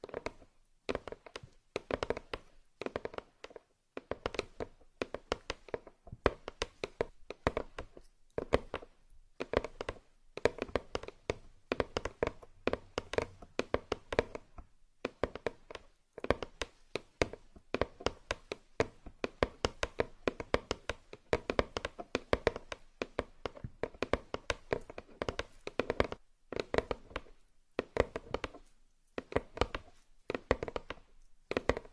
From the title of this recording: Massage Mat and Box Tapping